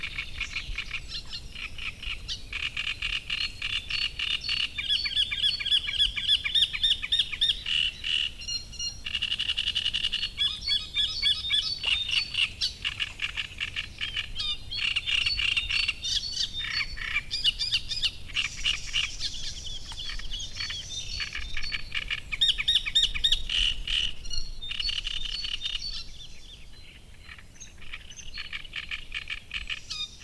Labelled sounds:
Great Reed Warbler

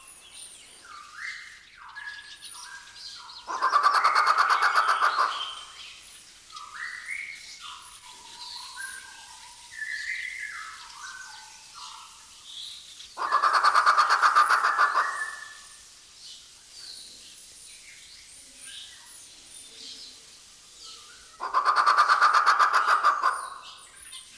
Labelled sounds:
White-rumped Shama

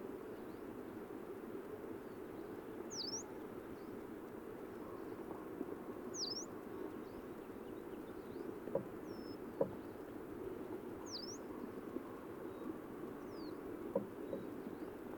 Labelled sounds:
Yellow-browed Warbler call

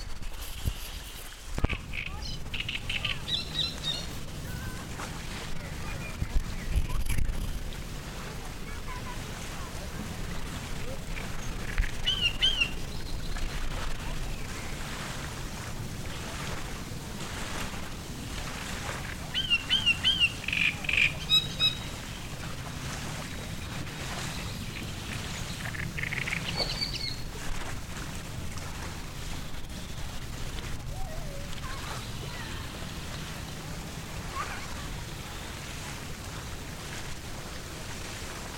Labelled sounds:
Great Reed Warbler

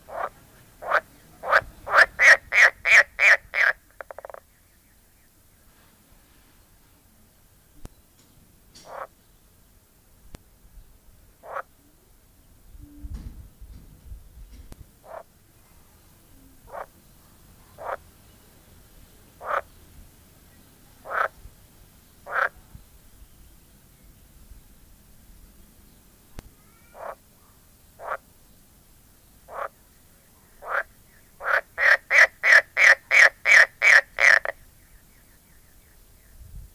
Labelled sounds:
Edible Frog

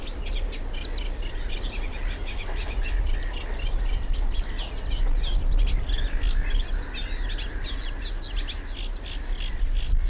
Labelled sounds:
Eurasian Reed Warbler song

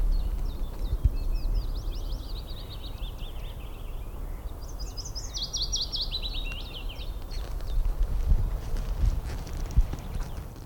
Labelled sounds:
Willow Warbler song

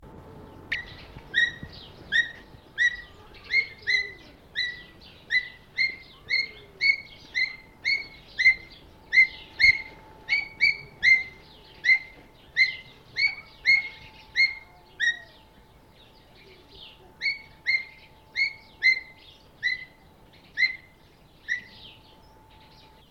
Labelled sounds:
Ornate Hawk-Eagle call

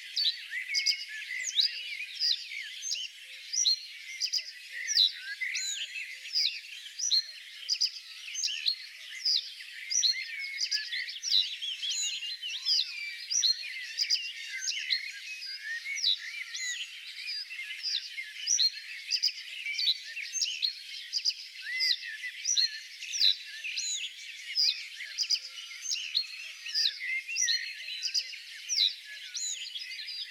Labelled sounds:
Reed Bunting song

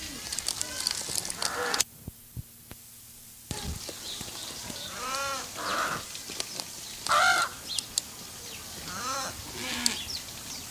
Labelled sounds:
African Spoonbill call

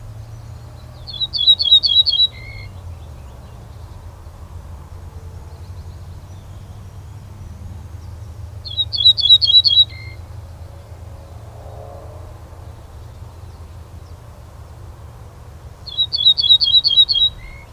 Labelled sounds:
Ortolan Bunting song

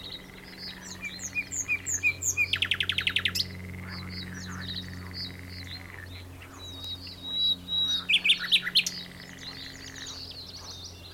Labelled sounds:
Common Nightingale

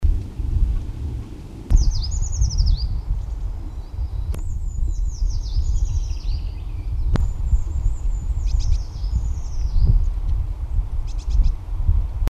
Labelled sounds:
Eurasian Treecreeper song

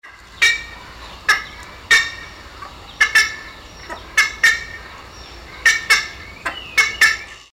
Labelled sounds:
Black-faced Ibis

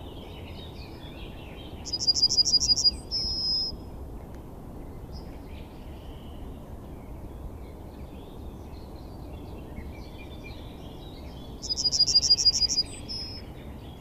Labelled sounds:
Yellowhammer song

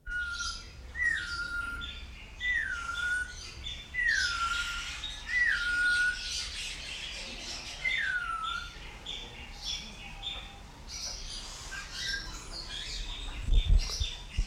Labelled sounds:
Snowy-crowned Robin-Chat

